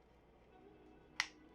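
The removable chassis of a vintage Graflex A New Hope lightsaber with a Proffie v3.9 board and dual crystal chamber is braced against the upper shell of its metal hilt and rotated counterclockwise. After quiet low rustle, its twist lock releases with a single sharp, bright click at 1.2 s that decays quickly. The lock is released, so the chassis can now slide out of the hilt.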